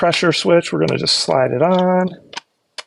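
Someone talks while handling the plastic stock attachment, which carries a pressure switch, about to slide it onto the back of a SURGE XL gel ball blaster. After the talking, faint small ticks are heard near 2.4 s and 2.8 s, but the clip ends before the stock goes home, so nothing has clicked or seated yet.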